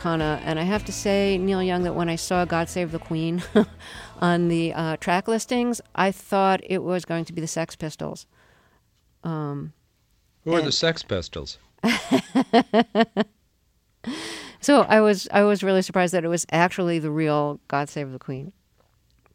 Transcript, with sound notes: And I have to say, Neil Young, that when I saw "God Save the Queen" on the track listings, I thought it was going to be the Sex Pistols.
Who are the Sex Pistols?
(LAUGHTER)
So I was really surprised that it was actually the real "God Save the Queen."